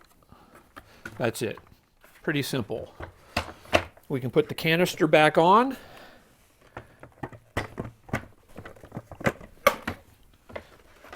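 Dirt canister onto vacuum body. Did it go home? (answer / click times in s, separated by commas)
yes / 9.7 s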